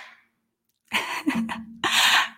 Sneezing in the background over and over. This is a live show.